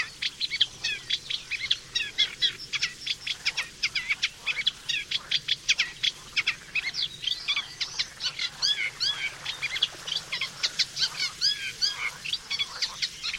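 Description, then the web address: Eurasian reed warbler song: continuous rhythmic chatter of harsh, clicking and rising notes, phrases repeated two or three times. "chant didier collin rousserolle effarvatte"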